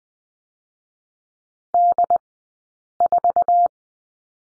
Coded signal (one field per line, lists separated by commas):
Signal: Morse code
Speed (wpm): 20 wpm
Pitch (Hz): 700 Hz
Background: none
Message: D4